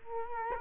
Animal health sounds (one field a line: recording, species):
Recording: mosquito wingbeat signal from an infrared sensor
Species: Culex quinquefasciatus